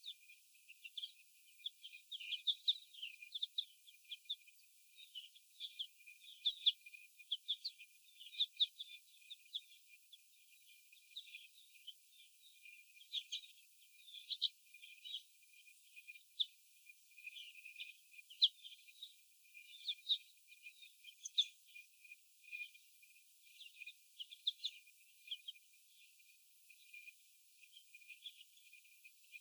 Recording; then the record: young laying hens in a cage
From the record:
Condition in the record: before the stressor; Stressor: sudden umbrella opening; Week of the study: 2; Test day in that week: 1